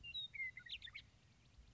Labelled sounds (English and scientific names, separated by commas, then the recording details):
Western Meadowlark (Sturnella neglecta)
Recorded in Sonoma County, California